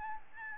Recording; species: mosquito wingbeat signal from an infrared sensor; Aedes albopictus